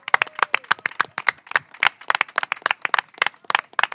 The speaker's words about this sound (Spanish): Así que vaya este aplauso para ustedes y para todas.